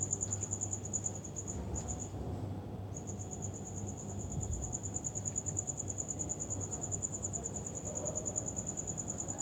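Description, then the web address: Cricket chirping, a high, fast pulsed trill running almost continuously, breaking off briefly before resuming, over a low background hum. "muhammad 384. Crickets"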